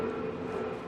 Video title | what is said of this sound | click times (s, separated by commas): Valve Clearance Check - 2016 BMW R1200RS | not it didn't click you just kind of slid in so that's there you | none